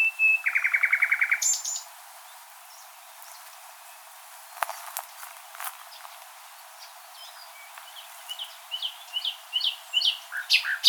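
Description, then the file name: Common nightingale song: a loud whistle followed by a fast, rattling trill of repeated notes, then a pause with clicks and later quick varied chirps building again. "Luscinia megarhynchos"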